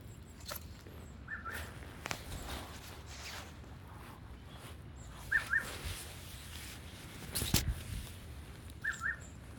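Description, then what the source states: Grey-sided scimitar babbler giving short paired mellow notes, each pair repeated every few seconds, with soft rustling and low background rumble. Recorded 2022-02-08.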